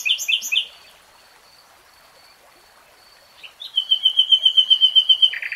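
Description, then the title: Nightingale song: a few rich chirps, a long quiet pause, then a long, fast trill of evenly repeated notes ending on lower, broader notes. "[Tiếng chim hót] Nightingale Singing"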